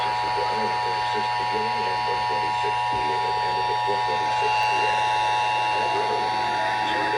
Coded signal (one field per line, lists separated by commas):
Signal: Emergency Alert System (SAME) tones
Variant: 853 and 960 Hz attention tone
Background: speech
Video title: A TEST OR AMBER... EAS Test Alerts From July 2026 (EAS#6,358 - 6,392)